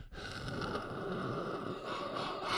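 A single long exhalation of about two and a half seconds is heard with the microphone held up to an adult man's neck, with a steady whistling tone running through the rushing breath noise. This is an expiratory wheeze, lingering after a flu-like illness with aches and cough; a COVID test was negative.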